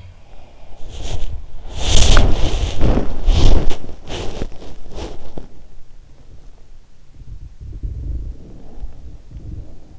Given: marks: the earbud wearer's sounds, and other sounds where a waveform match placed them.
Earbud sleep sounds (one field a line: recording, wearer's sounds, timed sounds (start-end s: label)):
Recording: sounds in sleep by an in-ear microphone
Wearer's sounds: body movement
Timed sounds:
0.00-5.86 s: body movement
6.98-9.99 s: sound from someone else or the room